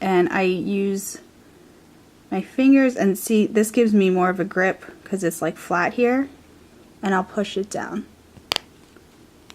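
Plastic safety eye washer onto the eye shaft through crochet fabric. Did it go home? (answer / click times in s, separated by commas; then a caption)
yes / 8.5 s. A plastic backing washer is pushed down with the fingers onto the shaft of a plastic safety eye through a crocheted yarn appliqué while someone talks. A sharp snap at 8.5 s marks the washer seating all the way down on the shaft.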